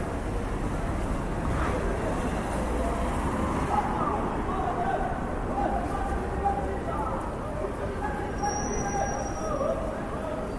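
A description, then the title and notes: City traffic rumbles steadily and densely, a constant low roar with no breaks across the whole stretch. Faint voices drift through now and then, and a few thin, high chirps of birds appear briefly, most clearly near the end. City ambience sounds. You will hear sounds of traffic, birds, and the occasional person talking.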